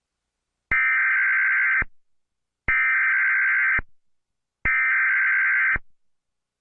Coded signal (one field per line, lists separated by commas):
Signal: Emergency Alert System (SAME) tones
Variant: header bursts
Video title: Eas scenario: inquisitormaster werewolf